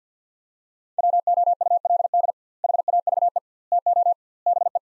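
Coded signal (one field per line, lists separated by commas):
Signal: Morse code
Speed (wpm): 50 wpm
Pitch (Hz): 700 Hz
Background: none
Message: WOULD HAVE TO BE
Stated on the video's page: Morse practice of four-word sets at 50 wpm with 2x word spacing, a Farnsworth-like method applied to words.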